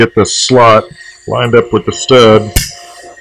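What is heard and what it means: A metal K-style retaining clip for a brake caliper cover is held with its slot lined up over the mounting stud while someone talks, with faint light metallic handling sounds and a brief sharp tap near 2.6 s. The clip has not snapped onto the stud yet; nothing has seated.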